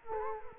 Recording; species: mosquito wingbeat signal from an infrared sensor; Culex quinquefasciatus